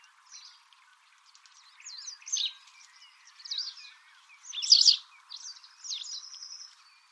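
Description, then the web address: White wagtail calling with high, quick chirps and twittering phrases in separate bursts, the strongest about two-thirds through, over a faint background hiss. "cianscape birddata Deverinetal 2025"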